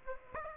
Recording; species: mosquito wingbeat signal from an infrared sensor; Aedes aegypti